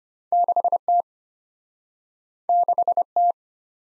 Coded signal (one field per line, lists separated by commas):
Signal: Morse code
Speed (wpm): 34 wpm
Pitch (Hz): 700 Hz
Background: none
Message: 6T 6T